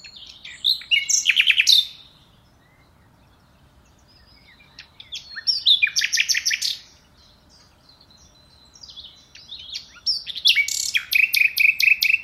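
Common nightingale song: three rich phrases, each opening with soft high notes and building into loud rapid repeated chirps, separated by pauses.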